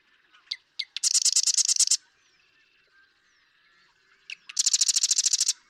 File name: Marsh Wren